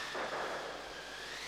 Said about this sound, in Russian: Вы слышите? Да, выстрелы. Около Черной скалы? Точно.